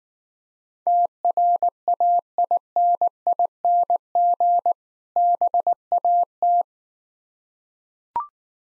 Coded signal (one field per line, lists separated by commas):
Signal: Morse code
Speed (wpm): 19 wpm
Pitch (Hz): 700 Hz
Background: none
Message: TRAINING BAT